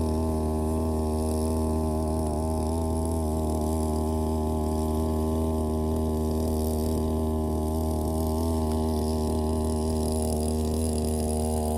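A brush cutter runs without a break, its engine holding a steady, buzzing drone with a strong low hum and stacked tones above it. Small wavers in pitch come and go as it works, and a faint hiss sits over the top throughout.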